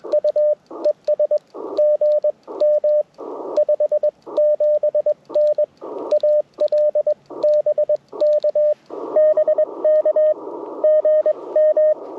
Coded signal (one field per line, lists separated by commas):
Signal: Morse code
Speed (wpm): 21 wpm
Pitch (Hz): 590 Hz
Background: radio noise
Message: U ES GM 57N AL BK BK GM